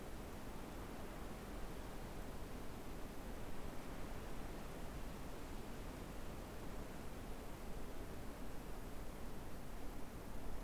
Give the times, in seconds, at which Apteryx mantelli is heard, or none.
none